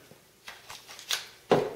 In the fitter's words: it locked into place then you position